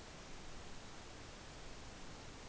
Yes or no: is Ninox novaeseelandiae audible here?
no